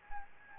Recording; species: mosquito wingbeat signal from an infrared sensor; Anopheles gambiae